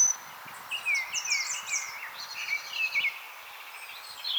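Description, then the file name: European robin song: thin, high warbling phrases with sliding whistles and fine trills, delivered in short bursts separated by brief pauses. "Erithacus rubecula"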